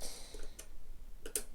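A drive sled is slid into the drive bay of a 2006 Mac Pro, with soft ticks at 0.6 s and 1.3 s as it slides in. It seats with a sharp click at 1.4 s.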